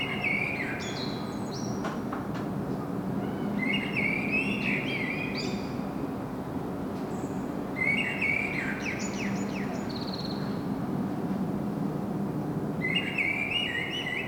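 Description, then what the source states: Common blackbird song, four short warbled phrases with high twittering ends, a few seconds apart, over steady low rumble. Singing in Saint-Gilles, Belgium; recorded with a Sony PCM-M10 internal microphone.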